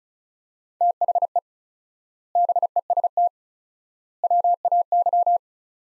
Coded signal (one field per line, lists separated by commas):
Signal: Morse code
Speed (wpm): 36 wpm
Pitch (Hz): 700 Hz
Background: none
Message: THE BEST WAY